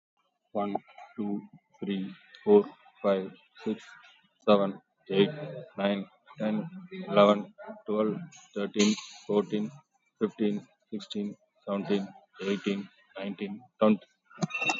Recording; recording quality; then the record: counting at a normal pace; excellent, no background noise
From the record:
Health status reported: COVID-19 positive, mild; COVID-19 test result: positive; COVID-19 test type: RT-PCR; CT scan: taken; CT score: 5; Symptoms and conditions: fever, fatigue, muscle pain, hypertension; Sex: male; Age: 42 years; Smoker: yes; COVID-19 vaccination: one dose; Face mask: worn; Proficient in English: yes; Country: India